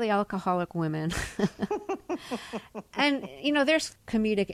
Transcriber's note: laughter